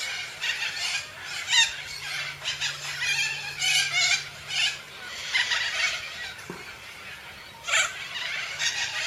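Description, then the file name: Major Mitchell's cockatoo giving harsh, raspy screeches in irregular bursts throughout, with a low hum underneath for the first half. "canto da cacatua inca"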